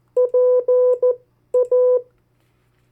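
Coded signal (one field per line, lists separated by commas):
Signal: Morse code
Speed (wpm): 14 wpm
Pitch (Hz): 500 Hz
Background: none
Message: PA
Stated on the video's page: Morse code practice of US state abbreviations at variable speeds.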